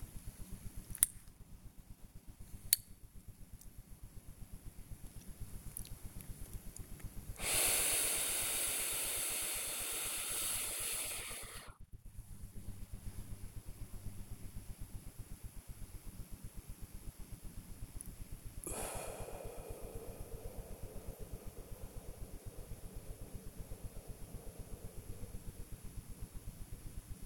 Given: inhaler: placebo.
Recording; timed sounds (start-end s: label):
one use of a dry powder inhaler by a smartwatch
0.36-3.08 s: inhaler activation
7.30-11.86 s: inhalation
18.55-26.15 s: exhalation